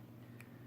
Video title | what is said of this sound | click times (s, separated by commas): Installing Adapters and Band from QISC for the Samsung Gear S2 Smartwatch | to the watch itself, and it should snap on very easily. | 0.4 s